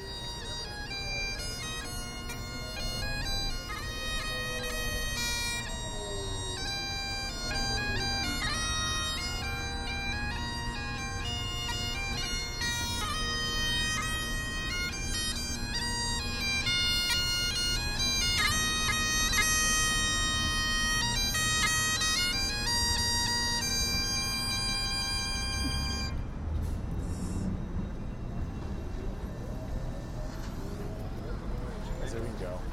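A woman plays the pipes outdoors in a city square, a steady droning tone under a bright, reedy melody that shifts between notes. The playing stops around 26 seconds, leaving low traffic rumble and faint street chatter.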